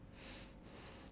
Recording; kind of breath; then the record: one breath in and out by a microphone near the nose and mouth; strong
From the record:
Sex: male